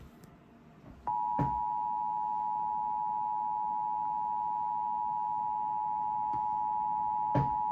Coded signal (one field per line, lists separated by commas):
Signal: Emergency Alert System (SAME) tones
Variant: 853 and 960 Hz attention tone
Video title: EAS #69 - Required Monthly Test